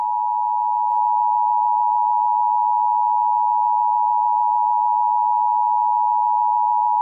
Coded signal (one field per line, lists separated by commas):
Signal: Emergency Alert System (SAME) tones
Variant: 853 and 960 Hz attention tone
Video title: eas thunderstorm watch 269 Pennsylvania (PLEASE READ THE DESCRIPTION)